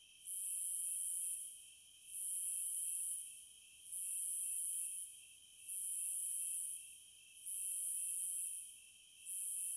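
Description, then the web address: Pulsing cicada buzz: long, shrill bursts rising and dropping away in a steady beat, with a faint continuous insect whine beneath. Cicadas in the American wilds. "Echoes of Nature - American Wilds 06 Cicadas"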